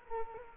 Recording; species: mosquito wingbeat signal from an infrared sensor; Culex quinquefasciatus